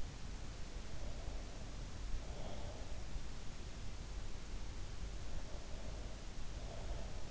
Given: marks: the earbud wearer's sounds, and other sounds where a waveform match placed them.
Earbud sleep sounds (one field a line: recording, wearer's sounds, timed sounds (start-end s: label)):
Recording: sounds in sleep by an in-ear microphone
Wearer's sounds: breath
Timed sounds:
0.93-2.96 s: breath
5.30-7.31 s: breath